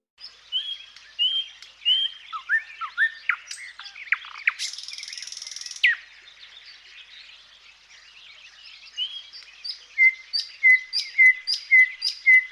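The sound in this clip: Thrush nightingale song with whistled slurs, a harsh buzzy rattle, then a run of clear repeated whistled notes at a steady pace.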